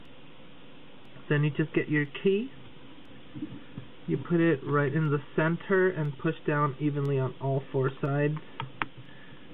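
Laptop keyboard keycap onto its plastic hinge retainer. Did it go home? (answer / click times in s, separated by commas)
yes / 8.8 s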